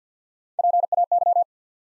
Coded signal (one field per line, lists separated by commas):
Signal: Morse code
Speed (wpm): 50 wpm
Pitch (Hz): 700 Hz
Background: none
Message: P A Y